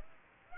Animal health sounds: mosquito wingbeat signal from an infrared sensor; Aedes aegypti

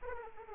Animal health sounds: mosquito wingbeat signal from an infrared sensor; Aedes aegypti

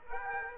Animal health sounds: mosquito wingbeat signal from an infrared sensor; Aedes aegypti

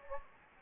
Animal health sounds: mosquito wingbeat signal from an infrared sensor; Anopheles gambiae

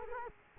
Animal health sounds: mosquito wingbeat signal from an infrared sensor; Culex quinquefasciatus

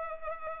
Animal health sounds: mosquito wingbeat signal from an infrared sensor; Culex pipiens

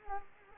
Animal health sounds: mosquito wingbeat signal from an infrared sensor; Anopheles arabiensis

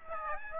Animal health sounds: mosquito wingbeat signal from an infrared sensor; Aedes aegypti

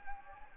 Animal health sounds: mosquito wingbeat signal from an infrared sensor; Anopheles gambiae

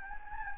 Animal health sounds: mosquito wingbeat signal from an infrared sensor; Anopheles gambiae

